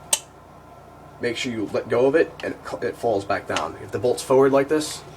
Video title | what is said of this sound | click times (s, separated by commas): GHK PDW Review (Version 2 and 3) | it's going to go in nice and straight and then it's going to hear it click | 0.1 s